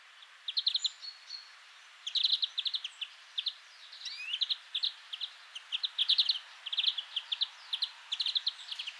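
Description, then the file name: European greenfinch uttering quick chirped note clusters in an irregular stream, with occasional higher single notes and a short upward slur. "Chloris chloris"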